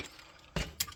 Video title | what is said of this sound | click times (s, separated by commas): Beyond Transformers: Super Patron (Hello Carbot), The Giant Korean Combiner Transformer! | once again these are really a little hard to snap into place | 0.8 s